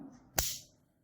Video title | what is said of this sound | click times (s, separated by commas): روحت أجيب كيس خرز واحد رجعت بحاجة ماكنتش أتخيلها أبداً! 😍 مفاجآت غير متوقعه بحارة المزين | التكة دي، تعرف ان ده معدن اصلي | 0.4 s